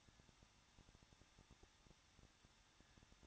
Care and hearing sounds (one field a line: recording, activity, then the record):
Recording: daily activity, microphone in the room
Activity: no activity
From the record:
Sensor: 3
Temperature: 21.2 degrees Celsius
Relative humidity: 36.2%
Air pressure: 1006.4 hPa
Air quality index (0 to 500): 221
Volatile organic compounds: 40 ppm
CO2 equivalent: 3146 ppm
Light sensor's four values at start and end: 2/3/2/2 and 2/3/2/2